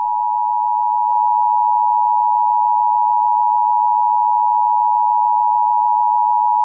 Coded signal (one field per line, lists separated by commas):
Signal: Emergency Alert System (SAME) tones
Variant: 853 and 960 Hz attention tone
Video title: RIOTS (AN EAS SCENARIO)